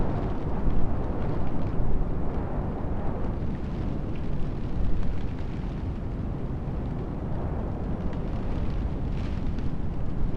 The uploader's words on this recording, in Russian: На берегу моря, в объятиях винтажного кемпера Volkswagen, вы окажетесь в сердце бушующего вечера. 3D бинауральной аудиозаписи. Бурная ночь в уютном кемпере.